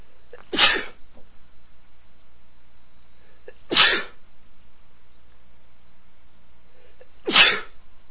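Three sneezes from a male, spaced roughly three to four seconds apart.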